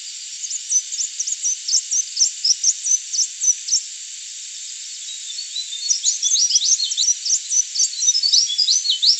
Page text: Crimson Sunbird Song. Quick Sounds